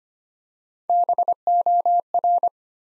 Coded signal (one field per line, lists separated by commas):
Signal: Morse code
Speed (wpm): 25 wpm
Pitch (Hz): 700 Hz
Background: none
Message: BOR